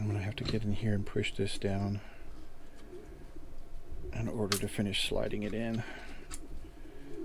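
Someone talks while pushing down a redesigned plastic floorplate with finger extension and sliding it onto a Ruger LCP Max pistol magazine body. Nothing has seated or clicked yet; the clip ends before the floorplate goes home and locks in place.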